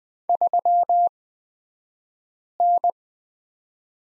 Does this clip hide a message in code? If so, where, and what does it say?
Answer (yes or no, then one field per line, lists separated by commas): yes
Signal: Morse code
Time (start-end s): 0.3-2.9 s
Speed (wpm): 20 wpm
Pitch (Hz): 700 Hz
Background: none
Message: 3N